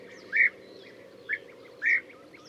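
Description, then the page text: European bee-eater giving three rolling, burry calls, the first and last longer, with soft higher twitters in the background. "Пение птиц - Золотистая щурка"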